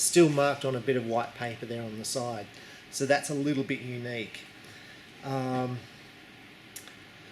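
A man talks about an Axcel Accutouch bow sight, then the sight's pin carrier is slid along its metal or plastic track. Two short, sharp little clicks are heard at 6.8 and 6.9 seconds as it clicks into a preset distance detent and seats.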